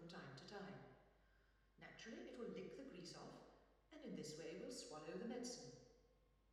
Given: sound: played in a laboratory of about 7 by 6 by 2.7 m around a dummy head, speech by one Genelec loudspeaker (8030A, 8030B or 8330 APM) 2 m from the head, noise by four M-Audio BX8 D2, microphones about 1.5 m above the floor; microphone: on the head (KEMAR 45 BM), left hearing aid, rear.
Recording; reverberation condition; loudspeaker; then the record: female speech in English; high; 120 degrees to the left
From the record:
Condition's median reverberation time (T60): about 1300 ms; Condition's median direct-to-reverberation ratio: about -4.0 dB